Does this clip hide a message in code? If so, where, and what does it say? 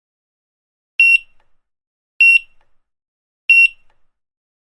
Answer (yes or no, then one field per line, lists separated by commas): no